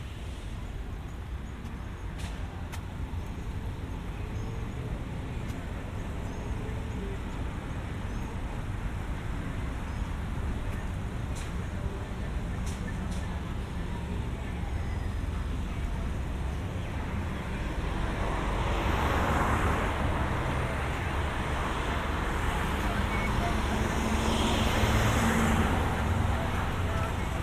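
A walk home from the mall through suburban streets, with a steady low rumble of traffic throughout. A few sharp clicks sound in the first fifteen seconds, and from about nineteen seconds on, passing cars swell louder with brighter hiss, peaking near twenty-five seconds.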